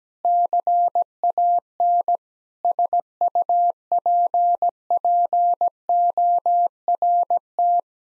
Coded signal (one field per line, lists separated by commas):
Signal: Morse code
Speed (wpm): 17 wpm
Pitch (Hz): 700 Hz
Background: none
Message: CAN SUPPORT